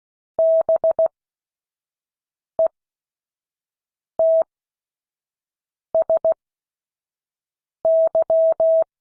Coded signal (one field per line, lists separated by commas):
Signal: Morse code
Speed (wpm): 16 wpm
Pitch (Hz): 650 Hz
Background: none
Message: BETSY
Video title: Friday 2022-08-26 Morse code class